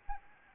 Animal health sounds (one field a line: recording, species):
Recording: mosquito wingbeat signal from an infrared sensor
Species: Anopheles arabiensis